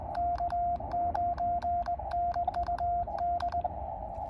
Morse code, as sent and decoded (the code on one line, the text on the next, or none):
-.- ----. -. ..- -..
K9NUD